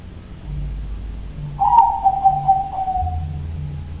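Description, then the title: Dove song: one tonal, mellow call that begins with a brief rise, then slides downward and trails off over about two seconds, with a steady low hum behind it. "Canto Da Pomba"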